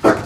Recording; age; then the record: pig call; growing-finishing pig (85 days or more)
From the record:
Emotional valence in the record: positive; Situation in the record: run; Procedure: transit